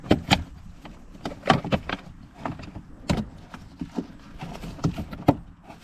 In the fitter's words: Just like that. So you hear both clicks.